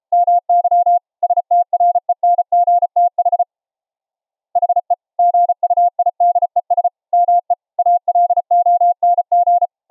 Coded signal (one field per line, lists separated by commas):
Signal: Morse code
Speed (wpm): 34 wpm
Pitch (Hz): 700 Hz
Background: none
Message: MY STRENGTH HE GUIDES ME ALONG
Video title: 700hz ELF passive EMF CW RECEIVER - using a double tuned Ferrite Rod/Bobbin Core antenna